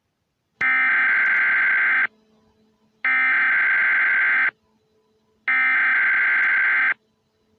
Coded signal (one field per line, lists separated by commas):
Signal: Emergency Alert System (SAME) tones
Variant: header bursts